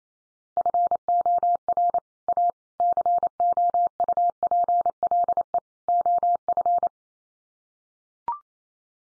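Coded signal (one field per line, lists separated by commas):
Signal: Morse code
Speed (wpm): 28 wpm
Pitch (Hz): 700 Hz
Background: none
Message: FOR A COUPLE OF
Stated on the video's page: Morse code head-copy practice of common four-word groups at 28 wpm, each set sent in Morse, spoken, then sent again.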